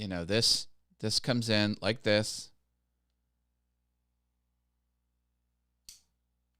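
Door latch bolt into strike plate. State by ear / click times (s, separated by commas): seated / 5.9 s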